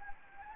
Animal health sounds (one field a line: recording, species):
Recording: mosquito wingbeat signal from an infrared sensor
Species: Anopheles gambiae